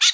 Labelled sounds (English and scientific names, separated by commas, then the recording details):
Brown-throated Parakeet (Eupsittula pertinax) contact call
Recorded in Bonaire
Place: 1 km E of roosting area just N of Seru Largu
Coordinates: 12.199, -68.268